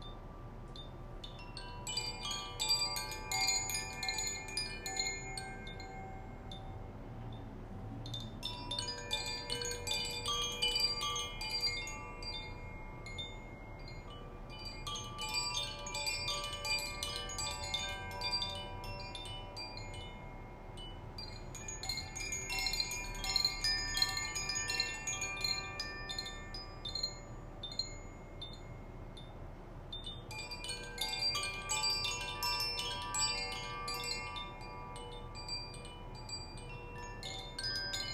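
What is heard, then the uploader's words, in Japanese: Chimes for wind, fire and light elements are played in bright, shimmering clusters that arrive in waves roughly every five to seven seconds, each cluster ringing and fading before the next. Their tones sustain softly beneath, over a low, steady hum. コシチャイム #ザフィアチャイム #倍音ヒーリング。風、火、光のエレメントのチャイムの演奏です。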